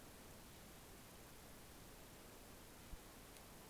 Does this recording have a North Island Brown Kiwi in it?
no